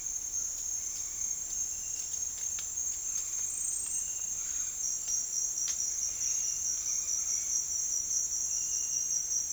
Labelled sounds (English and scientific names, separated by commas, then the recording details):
none
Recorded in dense forest near Puerto Asís, Putumayo, Colombia, on 13 March 2025 at 08:30
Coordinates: 0.503, -76.323
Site GP09